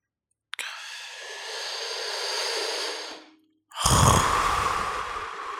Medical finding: People snoring.